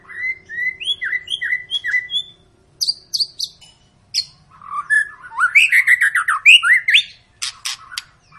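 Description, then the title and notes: White-rumped shama song opening with a series of repeated downslurred whistles, then fast tumbling trills and sharp metallic notes. Long lure song played to make other birds sing. "Pancingan Murai Batu Gacor Panjang. muraiku"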